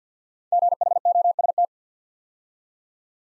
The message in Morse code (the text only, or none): GHOST